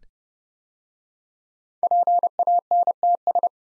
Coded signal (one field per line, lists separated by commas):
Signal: Morse code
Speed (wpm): 30 wpm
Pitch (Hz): 700 Hz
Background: none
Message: PANTS